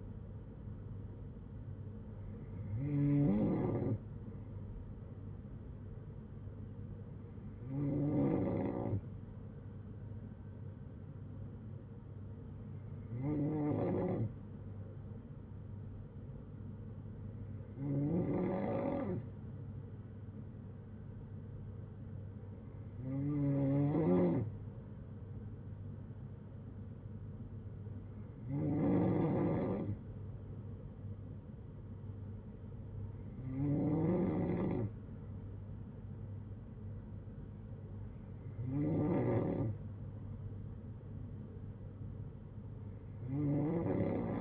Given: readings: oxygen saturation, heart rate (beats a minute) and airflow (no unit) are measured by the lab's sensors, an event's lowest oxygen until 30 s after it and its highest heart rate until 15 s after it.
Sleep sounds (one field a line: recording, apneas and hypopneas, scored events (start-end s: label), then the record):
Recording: breathing in sleep by a smartphone at the bedside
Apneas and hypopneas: none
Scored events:
7.00-44.41 s: new sleep stage, N2 (light sleep)
From the record:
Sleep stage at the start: N3 (deep sleep)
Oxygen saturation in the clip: 93 to 95%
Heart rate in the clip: 57 to 66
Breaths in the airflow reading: 9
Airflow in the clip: -6.9 to 5.8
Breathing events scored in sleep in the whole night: 182 in 7.4 hours asleep